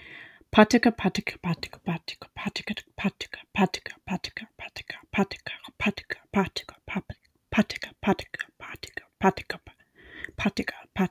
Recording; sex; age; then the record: repeated syllables /pa ta ka/; female; 20 to 29 years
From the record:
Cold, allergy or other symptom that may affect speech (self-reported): no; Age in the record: 26 years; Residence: Virginia, United States